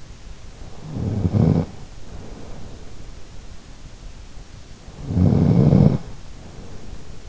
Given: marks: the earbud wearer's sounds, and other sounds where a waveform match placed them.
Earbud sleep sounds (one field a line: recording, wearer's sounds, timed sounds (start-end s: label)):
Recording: sounds in sleep by an in-ear microphone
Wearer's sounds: snoring breath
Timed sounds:
0.73-3.10 s: snoring breath
4.70-7.29 s: snoring breath